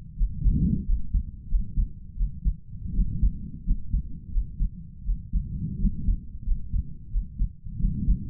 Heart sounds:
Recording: heart sounds by stethoscope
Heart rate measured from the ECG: 87 bpm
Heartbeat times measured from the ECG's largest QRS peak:
0.15 s: heartbeat
0.85 s: heartbeat
1.47 s: heartbeat
2.15 s: heartbeat
2.92 s: heartbeat
3.63 s: heartbeat
4.30 s: heartbeat
5.03 s: heartbeat
5.77 s: heartbeat
6.43 s: heartbeat
7.09 s: heartbeat
7.77 s: heartbeat
From the record:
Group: healthy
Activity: rest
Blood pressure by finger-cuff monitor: 99/64 mmHg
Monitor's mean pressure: 73 mmHg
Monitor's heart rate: 90 bpm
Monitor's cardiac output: 5.9 L/min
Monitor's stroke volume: 67 mL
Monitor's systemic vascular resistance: 880 dyn s/cm5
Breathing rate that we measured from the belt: 24 breaths a minute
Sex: male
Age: 22 years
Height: 181 cm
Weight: 60 kg

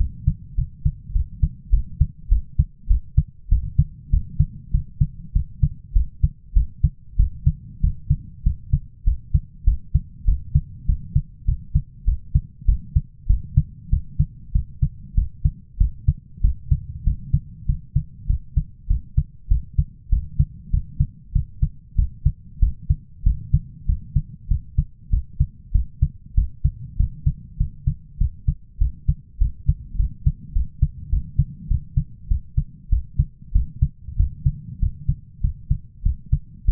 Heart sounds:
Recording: heart sounds by stethoscope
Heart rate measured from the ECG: 98 bpm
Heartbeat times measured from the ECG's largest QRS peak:
0.56 s: heartbeat
1.13 s: heartbeat
1.70 s: heartbeat
2.29 s: heartbeat
2.88 s: heartbeat
3.49 s: heartbeat
4.10 s: heartbeat
4.71 s: heartbeat
5.33 s: heartbeat
5.93 s: heartbeat
6.53 s: heartbeat
7.16 s: heartbeat
7.81 s: heartbeat
8.43 s: heartbeat
9.04 s: heartbeat
9.64 s: heartbeat
10.25 s: heartbeat
10.86 s: heartbeat
11.45 s: heartbeat
12.05 s: heartbeat
12.65 s: heartbeat
13.27 s: heartbeat
13.90 s: heartbeat
14.52 s: heartbeat
15.14 s: heartbeat
15.78 s: heartbeat
16.41 s: heartbeat
17.04 s: heartbeat
17.66 s: heartbeat
18.27 s: heartbeat
18.87 s: heartbeat
19.48 s: heartbeat
20.09 s: heartbeat
20.70 s: heartbeat
21.32 s: heartbeat
21.95 s: heartbeat
22.59 s: heartbeat
23.23 s: heartbeat
23.86 s: heartbeat
24.48 s: heartbeat
25.10 s: heartbeat
25.72 s: heartbeat
26.34 s: heartbeat
26.97 s: heartbeat
27.57 s: heartbeat
28.18 s: heartbeat
28.78 s: heartbeat
29.38 s: heartbeat
29.96 s: heartbeat
30.53 s: heartbeat
31.10 s: heartbeat
31.68 s: heartbeat
32.28 s: heartbeat
32.89 s: heartbeat
33.52 s: heartbeat
34.16 s: heartbeat
34.79 s: heartbeat
35.41 s: heartbeat
36.03 s: heartbeat
36.65 s: heartbeat
From the record:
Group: healthy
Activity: cold pressor test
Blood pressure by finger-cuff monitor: 164/121 mmHg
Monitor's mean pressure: 136 mmHg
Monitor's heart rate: 97 bpm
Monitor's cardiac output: 7.4 L/min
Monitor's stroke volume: 76 mL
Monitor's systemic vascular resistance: 1390 dyn s/cm5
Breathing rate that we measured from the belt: 18 breaths a minute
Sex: male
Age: 23 years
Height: 179 cm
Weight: 87 kg

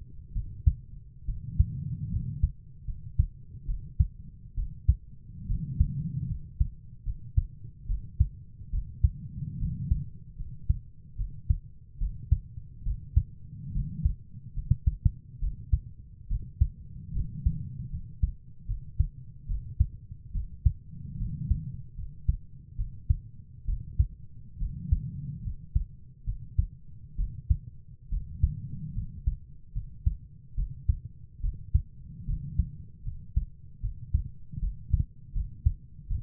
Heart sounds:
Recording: heart sounds by stethoscope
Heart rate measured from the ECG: 72 bpm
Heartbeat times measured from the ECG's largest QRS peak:
0.34 s: heartbeat
1.27 s: heartbeat
2.11 s: heartbeat
2.86 s: heartbeat
3.67 s: heartbeat
4.56 s: heartbeat
5.48 s: heartbeat
6.28 s: heartbeat
7.05 s: heartbeat
7.88 s: heartbeat
8.71 s: heartbeat
9.59 s: heartbeat
10.38 s: heartbeat
11.17 s: heartbeat
11.99 s: heartbeat
12.84 s: heartbeat
13.73 s: heartbeat
14.55 s: heartbeat
15.40 s: heartbeat
16.29 s: heartbeat
17.14 s: heartbeat
17.91 s: heartbeat
18.67 s: heartbeat
19.48 s: heartbeat
20.33 s: heartbeat
21.18 s: heartbeat
21.96 s: heartbeat
22.77 s: heartbeat
23.66 s: heartbeat
24.59 s: heartbeat
25.43 s: heartbeat
26.25 s: heartbeat
27.17 s: heartbeat
28.10 s: heartbeat
28.95 s: heartbeat
29.74 s: heartbeat
30.56 s: heartbeat
31.42 s: heartbeat
32.27 s: heartbeat
33.05 s: heartbeat
33.82 s: heartbeat
34.61 s: heartbeat
35.34 s: heartbeat
36.09 s: heartbeat
From the record:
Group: healthy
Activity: rest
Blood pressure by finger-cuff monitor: 104/53 mmHg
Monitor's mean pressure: 70 mmHg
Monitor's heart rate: 71 bpm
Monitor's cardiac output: 7.3 L/min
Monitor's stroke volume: 101 mL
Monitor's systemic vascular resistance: 680 dyn s/cm5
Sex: female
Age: 22 years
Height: 160 cm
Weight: 63 kg

